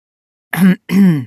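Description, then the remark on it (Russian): A light cough and throat clearing in two short, voiced bursts with a brief gap between them, fairly loud against silence, with a mid-pitched, slightly throaty tone. “Покашливает, переключая внимание на ноутбук Ярослава”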